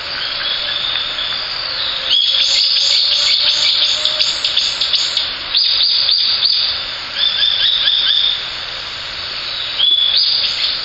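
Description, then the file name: Japanese sparrowhawk calling in quick runs of sharp, high kik notes, a long burst in the middle and another near the end, over a steady high hiss. "ツミ 1505311608 遠藤"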